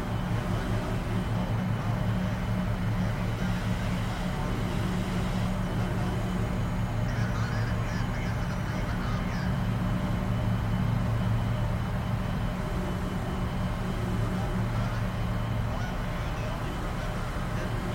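A shuttle's engine hums steadily throughout, a dense low drone with a constant pitch and little change in level. Faint higher tones flicker in and out around the middle, near seven to ten seconds, over the continuous rumble.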